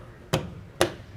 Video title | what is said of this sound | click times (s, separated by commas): etrailer - Detailed Breakdown of the Custer LED Interior Trailer Dome Light w/ Chrome Bezel | and push this in, and it should click into place. | 0.3 s, 0.8 s